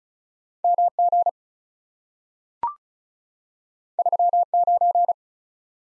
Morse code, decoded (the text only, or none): M G 3 9